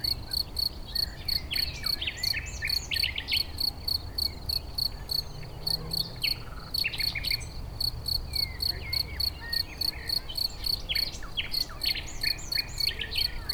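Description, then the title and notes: Crickets chirping in steady, short high-pitched pulses, roughly three each second, while a nightingale sings varied whistles and trills over a low rumbling background. Edge of a cricket-rich meadow near Chindrieux, France; nightingale singing in bushes about fifty metres away; west wind carrying motorbike noise from lake road. "271 Rue de Vars, 73310 Chindrieux, France - Grillons et rossignol. Au bord d'une prairie riche en grillons, un rossignol chante dans des buissons à une cinquantaine de mètre , le vent d'Ouest amène le son des motos qui circulent sur la route du tour du lac, des enfants jouent avec un poulain"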